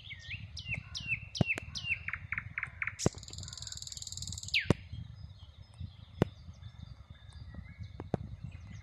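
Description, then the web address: Common nightingale song: falling whistled notes repeated quickly, then a harsh, buzzing rattle, followed by a few sharp clicks over a low background rumble. "rossignol ordinaire chant du rossignol"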